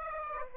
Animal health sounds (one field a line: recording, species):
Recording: mosquito wingbeat signal from an infrared sensor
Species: Aedes aegypti